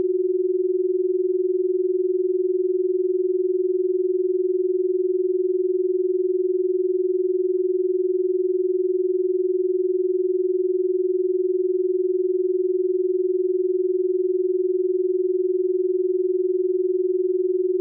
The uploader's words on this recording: Pure Binaural Beats.